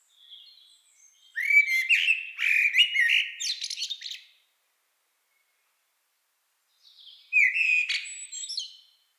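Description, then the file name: Eurasian blackbird song: a mellow, fluty warbled phrase ending in thin squeaky twitters, then a short pause and a second phrase beginning near the end; quiet background. "Turdus merula"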